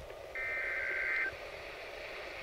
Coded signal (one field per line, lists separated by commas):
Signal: Emergency Alert System (SAME) tones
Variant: header bursts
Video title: [EAS #3] Flash Flood Warning for Alameda, CA